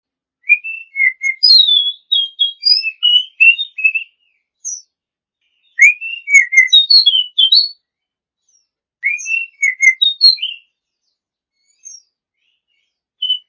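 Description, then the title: Oriental magpie-robin song, a lively run of sweet whistles and chirps, delivered in bursts with short gaps, some notes sliding up and down. Champion songbird. "Kicau Burung Kacer Juara"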